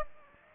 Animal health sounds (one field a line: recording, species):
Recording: mosquito wingbeat signal from an infrared sensor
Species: Aedes aegypti